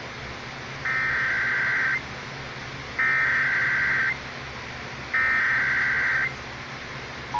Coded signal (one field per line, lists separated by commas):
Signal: Emergency Alert System (SAME) tones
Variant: header bursts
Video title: EAS #530-537 - Required Monthly Tests